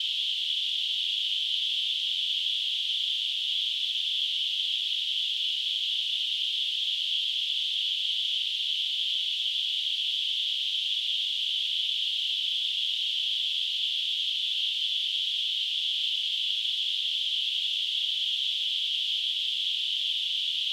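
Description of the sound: Simulated tinnitus: a steady, continuous hissing noise concentrated in a high-pitched band around 3 kHz, with no low-frequency content, unchanging throughout.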